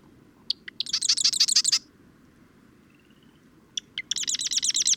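Bird song: two phrases, each opening with a few sharp separate notes and then running into a fast, high, buzzy trill. A faint thin whistle sounds in the pause between them.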